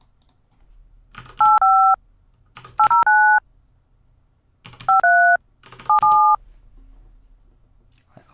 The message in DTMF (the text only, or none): 85 809 53 7